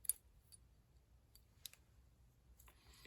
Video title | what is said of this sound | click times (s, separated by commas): Final MkVI Assembly and Installation | single axis Snapp ring that just SL slides on and snaps into place | 0.1 s